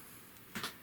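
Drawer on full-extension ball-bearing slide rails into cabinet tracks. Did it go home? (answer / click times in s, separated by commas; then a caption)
yes / 0.6 s. A drawer on full-extension ball-bearing slide rails, with both tracks fitted into their grooves, is pushed back into the cabinet tracks. A single short click is heard at 0.6 s as the slide's release levers re-engage. The drawer is seated.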